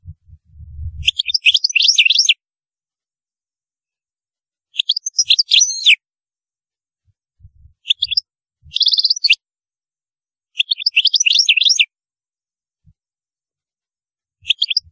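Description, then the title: European goldfinch song, bursts of fast liquid twittering repeated every few seconds, with a few soft low bumps at the start. "Chant Chardonneret"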